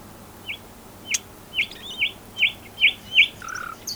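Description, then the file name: Common nightingale song phrase: a string of loud, repeated upslurred notes, then a lower drawn-out whistle. "Luscinia megarhynchos"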